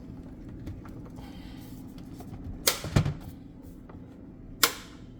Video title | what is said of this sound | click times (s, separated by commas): I was SO EXCITED about this Food Vacuum Sealer!! | Gotta make sure it clicks. | 2.7 s, 4.6 s